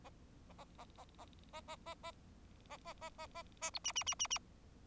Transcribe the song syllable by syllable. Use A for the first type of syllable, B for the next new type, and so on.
A A A A A A A A A A A A A A A B C C C C C